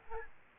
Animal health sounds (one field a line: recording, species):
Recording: mosquito wingbeat signal from an infrared sensor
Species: Aedes albopictus